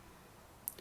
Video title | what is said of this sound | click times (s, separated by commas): How to change rear indicator bulb on Vauxhall Vivaro | बढ़ाएं इसे नीचे और मोड़कर इसे अपनी जगह पर लॉक कर | 0.7 s